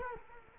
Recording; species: mosquito wingbeat signal from an infrared sensor; Culex quinquefasciatus